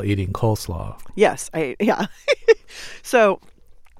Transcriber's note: laughter